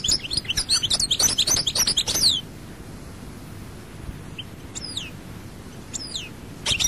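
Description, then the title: European goldfinch song, a fast tinkling twittering burst of high notes for about two seconds, then a few separate descending chirps after a pause. "Chant Chardonneret"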